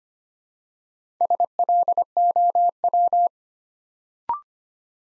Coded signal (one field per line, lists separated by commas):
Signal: Morse code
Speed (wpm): 25 wpm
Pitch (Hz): 700 Hz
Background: none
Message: SLOW